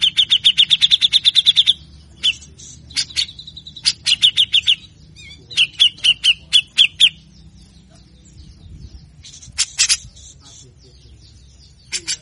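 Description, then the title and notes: Grey-cheeked bulbul opening with a fast rattle, then scattered sharp notes and short buzzy series, a quieter gap, and a final few harsh notes. Bird-training master recording of an actively singing bird giving long, full rough rattling chatter, meant to stimulate lazy captive birds of the species to sing. "MASTERAN CUCAK JENGGOT GACOR FULL BESETAN KASAR DURASI PANJANG. pancingan dan masteran cucak jenggot malas. Burung cucak jenggot"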